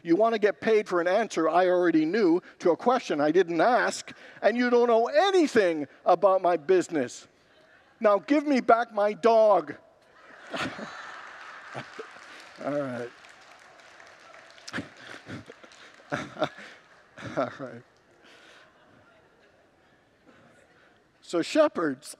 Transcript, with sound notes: You want to get paid for an answer I already knew to a question I didn’t ask, and you don’t know anything about my business. Now, give me back my dog.” [Congregants laugh] All right. So, shepherds